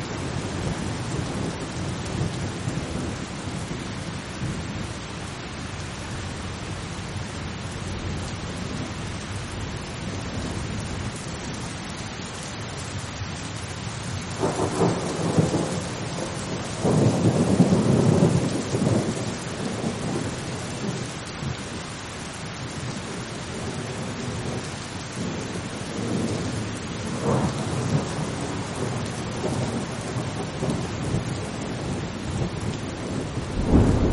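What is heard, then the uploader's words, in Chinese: Steady rain falls throughout a thunderstorm, a dense, even hiss over a deep low rumble. Thunder rolls in around fifteen seconds and swells louder near seventeen to nineteen seconds, with softer rumbles returning later and near the end. 雷雨声：平静的雨。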